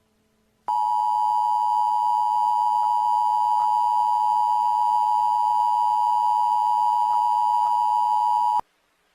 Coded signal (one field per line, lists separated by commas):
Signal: Emergency Alert System (SAME) tones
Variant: 853 and 960 Hz attention tone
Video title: Rhadophobia Part 1: The Beginning (EAS Scenario)